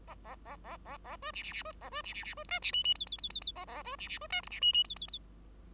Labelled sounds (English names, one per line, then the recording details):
Bengalese Finch song
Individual Bird5